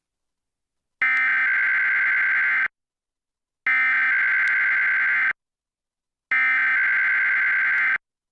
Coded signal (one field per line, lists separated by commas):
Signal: Emergency Alert System (SAME) tones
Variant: header bursts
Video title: KMOT DT EAS Test April 13, 2024 6:27PM